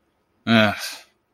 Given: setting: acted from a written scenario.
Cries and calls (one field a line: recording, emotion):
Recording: vocal sound without words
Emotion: contempt